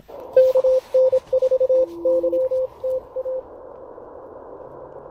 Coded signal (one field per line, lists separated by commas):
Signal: Morse code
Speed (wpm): 24 wpm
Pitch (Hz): 520 Hz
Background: radio noise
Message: KN4YTA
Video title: Exploring the Mountains-to-Sea Trail: POTA Activation feat. Hazel and the Elecraft KX1!